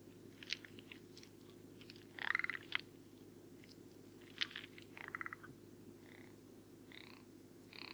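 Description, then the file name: Rock ptarmigan: several separate bursts of short, harsh, pulsed croaks, some rattling. Recorded at Karwendelspitze on 6 July 2014. "Alpenschneehuhn. Karwendelspitze. Michle Pron"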